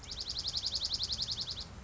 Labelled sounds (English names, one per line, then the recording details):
Dark-eyed Junco
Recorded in Sonoma County, California